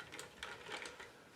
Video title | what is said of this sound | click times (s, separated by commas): Monday Mod Tips - Mag Fed Blaster Internals | get all the way forward everything locks into place there we go now | 0.4 s